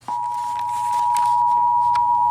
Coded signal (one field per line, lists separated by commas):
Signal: Emergency Alert System (SAME) tones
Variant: 853 and 960 Hz attention tone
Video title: Flash Flood Warning on TV!!!!! - EAS #267